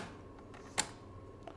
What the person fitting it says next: Locks into place.